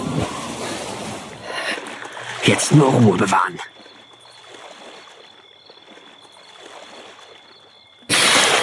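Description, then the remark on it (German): Water sloshes and splashes loudly as a person, stripped to underpants, slides into a swimming pool, peaking in a few heavy splashes before settling into quiet rippling with a faint steady whine. A voice speaks briefly. “Dieser zog sich bis auf die Unterhose aus und ließ sich ins Wasser gleiten.”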